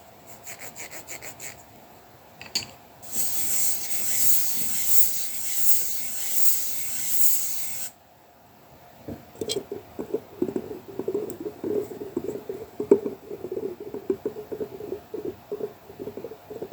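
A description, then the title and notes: Colored pencil works across paper, starting with light ticking strokes, then a steady bright scratchy shading from about three to eight seconds. After a short pause, quicker rubbing circles take over, denser and lower, with small uneven wobbles and taps. After the gentle wobbling sounds, let your mind be embraced by the quiet of colouring the soft, circular puffs of sheep’s wool, with some wobbles thrown in. Sounds of colouring pencil work and paper massage.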